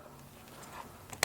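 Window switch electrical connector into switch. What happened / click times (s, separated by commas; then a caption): The electrical connector snapped into place / 1.2 s. A window switch electrical connector is plugged back into the switch during door trim reassembly on a 2004 BMW 6 Series Convertible (E64) while a speaker upgrade is being installed. After a second of quiet low background hum, a sharp click at 1.2 seconds marks the connector seating in place.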